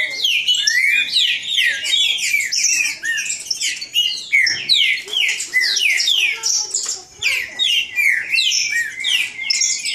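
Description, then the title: Green-winged saltator song with loud, sharp whistled slurs in quick bursts, brief pauses between phrases, other birds singing alongside. Bird named Nicão in the bush, singing in a contest against a free-living wild bird. "Trinca Ferro NICÃO No Mato Disputando Com Solto"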